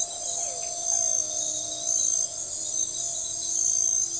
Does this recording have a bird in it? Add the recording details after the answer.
no. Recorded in forest near Pivijay, Magdalena, Colombia, on 14 April 2023 at 23:00. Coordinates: 10.467, -74.380. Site Z5-G034